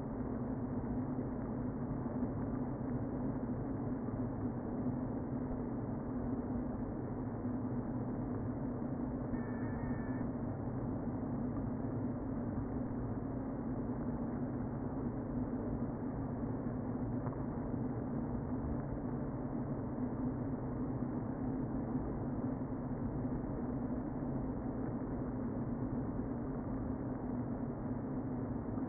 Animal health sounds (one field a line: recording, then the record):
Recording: honeybee colony, microphone inside the hive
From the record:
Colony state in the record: queen present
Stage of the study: before two queens were removed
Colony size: about 60,000 bees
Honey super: yes